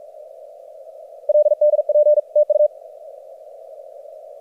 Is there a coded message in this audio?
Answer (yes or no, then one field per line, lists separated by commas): yes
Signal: Morse code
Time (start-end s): 1.3-2.7 s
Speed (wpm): 44 wpm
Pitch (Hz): 600 Hz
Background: none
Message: LDP TU